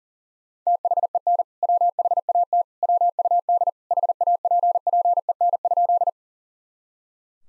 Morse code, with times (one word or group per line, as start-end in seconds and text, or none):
0.7-1.4 THEN
1.6-2.6 WHAT
2.8-3.7 WUD
3.9-6.1 HAPPEN?